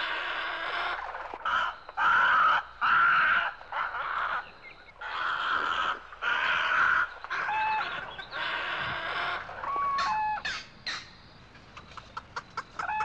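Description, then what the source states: Indian peafowl calling: loud, rough bursts about a second long, then scattered clucks and short clear notes, ending in a rapid series of clicks. Peacock clucking.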